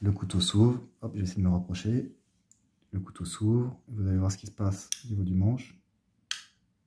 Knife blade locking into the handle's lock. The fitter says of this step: que ça le verrouille très bien verrouillé ya rien à dire jeu